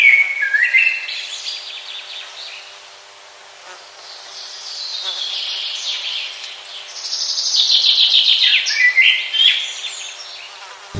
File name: drozd chernyjj